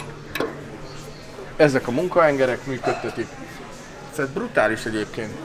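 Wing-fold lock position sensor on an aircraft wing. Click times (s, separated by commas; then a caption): 0.4 s. A position sensor on the wing-fold lock of a museum aircraft, which signals that the actuator has locked the folding wing closed, gives a sharp short click at 0.4 s, confirming the lock is seated. Afterward someone talks.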